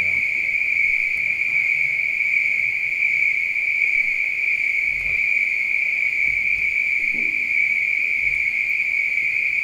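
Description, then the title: Spring peepers in a dense chorus, high piping calls merging into one steady ringing tone that continues unbroken throughout. Peepers calling at night. "neoscenes: night peepers"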